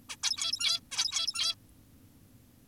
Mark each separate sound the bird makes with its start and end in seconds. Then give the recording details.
0.10-0.16, 0.23-0.80, 0.92-1.55. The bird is an adult. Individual g17y2U